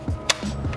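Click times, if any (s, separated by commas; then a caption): 0.3 s. A cleared pistol with a mounted light is pushed into a tight kydex appendix holster, made snugger by the light, which makes it click more than a looser holster. A sharp, bright pop is heard at 0.3 s as the pistol seats, followed by a softer tick at about 0.7 s over low background rumble. The pistol is seated in the holster.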